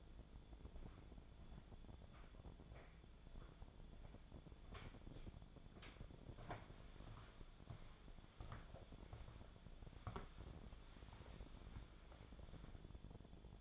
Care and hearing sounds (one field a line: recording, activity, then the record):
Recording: daily activity, microphone in the room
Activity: walk to room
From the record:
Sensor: 5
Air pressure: 1000.0 hPa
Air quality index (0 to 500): 92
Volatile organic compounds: 1 ppm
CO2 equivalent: 754 ppm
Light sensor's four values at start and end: 406/1002/422/472 and 403/971/417/470